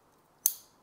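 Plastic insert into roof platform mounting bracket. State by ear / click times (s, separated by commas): seated / 0.5 s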